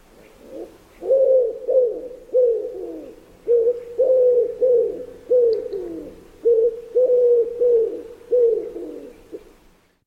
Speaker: Alle besitzen einen markanten Ruf, die Ringeltaube, gurt, tief und weich. Ihr Ruf klingt oft wie ein wiederholtes Ruru, Ruru.